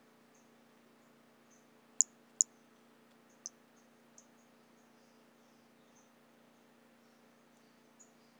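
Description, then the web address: White-lined pumpkin toadlet: high, short peeping notes of a white-lined pumpkin toadlet, two strong pips close together, then softer irregular ones, over a quiet background hum. Recorded in 2017. "2017 Brachycephalus albolineatus"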